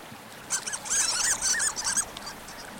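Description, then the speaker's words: Harlequin Duck, a busy chatter of squeaky, rising-then-falling notes strung closely together. Squeaks, earning the nickname sea mice. "Some, like the harlequin, squeak, earning them the nickname of sea mice."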